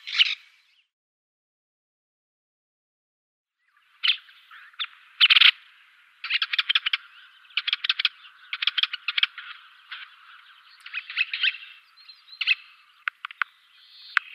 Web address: Schulze Peter Syrian Woodpecker calls